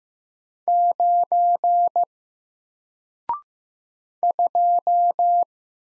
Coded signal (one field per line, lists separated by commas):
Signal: Morse code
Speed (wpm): 15 wpm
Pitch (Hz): 700 Hz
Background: none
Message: 9 2